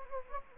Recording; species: mosquito wingbeat signal from an infrared sensor; Anopheles gambiae